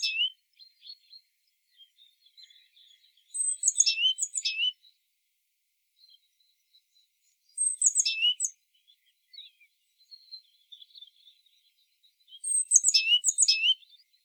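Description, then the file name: Great tit uttering high, rapid sweeping note groups: a partial phrase at the start, then three phrases about four and a half seconds apart, with soft scattered chips in between. "Parus major"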